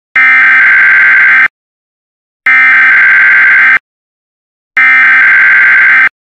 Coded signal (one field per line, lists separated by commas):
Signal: Emergency Alert System (SAME) tones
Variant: header bursts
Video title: Fake EAS Tornado Warning (with real details!) SW Tennessee